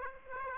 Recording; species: mosquito wingbeat signal from an infrared sensor; Aedes aegypti